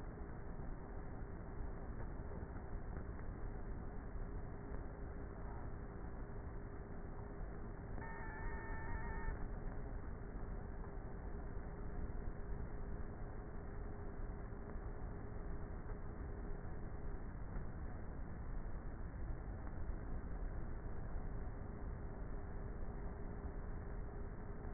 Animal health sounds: honeybee colony, microphone inside the hive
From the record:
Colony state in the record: queenless with a low population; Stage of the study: before two queens were removed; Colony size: about 30,000 bees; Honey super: no

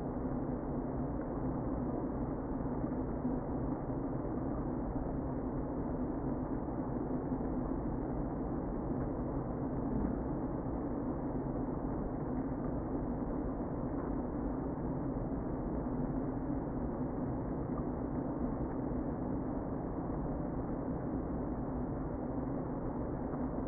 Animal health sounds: honeybee colony, microphone inside the hive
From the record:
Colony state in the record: queen present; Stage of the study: before two queens were removed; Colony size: about 60,000 bees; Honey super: yes

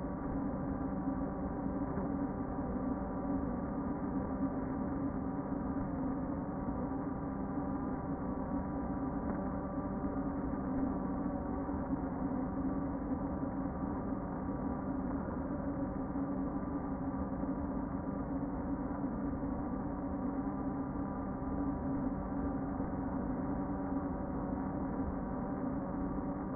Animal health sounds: honeybee colony, microphone inside the hive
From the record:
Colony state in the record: queen present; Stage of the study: before two queens were removed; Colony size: about 60,000 bees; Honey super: yes

